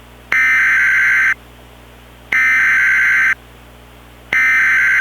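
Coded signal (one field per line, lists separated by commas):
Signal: Emergency Alert System (SAME) tones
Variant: header bursts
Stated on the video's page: Simulated mock EAS tornado emergency alert.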